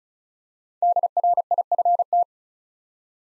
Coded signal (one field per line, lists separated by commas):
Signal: Morse code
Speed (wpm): 36 wpm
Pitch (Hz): 700 Hz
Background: none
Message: DRIFT